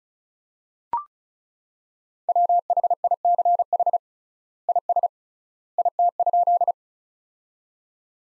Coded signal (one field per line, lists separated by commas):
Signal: Morse code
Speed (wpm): 35 wpm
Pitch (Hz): 700 Hz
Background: none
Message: WHICH IS IT?